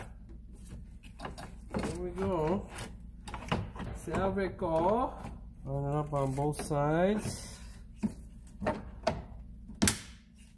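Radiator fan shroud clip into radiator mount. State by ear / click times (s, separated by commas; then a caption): partly seated / 9.8 s. On a 2019 Nissan Qashqai, the radiator fan assembly is lined up on both sides and pushed down into its plastic radiator mounting clips while someone talks, with soft knocks and handling sounds throughout. One side clicks sharply at 9.8 s, but the other side never clicks, though it ends up locked in anyway.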